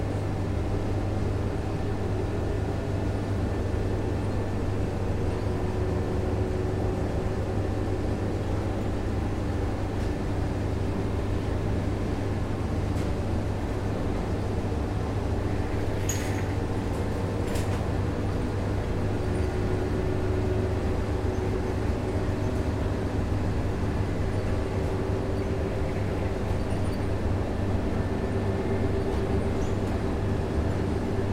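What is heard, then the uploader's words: A laundry machine runs with a steady, unchanging low hum and a dense rumbling drone that holds at an even level throughout. A couple of faint, brief ticks sound around the middle, near sixteen and seventeen seconds, over the constant whir. Laundry Machine Noise.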